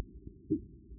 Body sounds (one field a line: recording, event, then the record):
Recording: neck accelerometer signal played as sound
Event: voluntary cough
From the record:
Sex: female